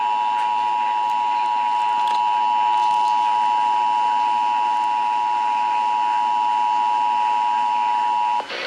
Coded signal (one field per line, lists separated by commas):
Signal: Emergency Alert System (SAME) tones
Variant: 853 and 960 Hz attention tone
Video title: ANOTHER DAY, ANOTHER CAE - NC AMBER ALERT (01/07/2022) - EAS #11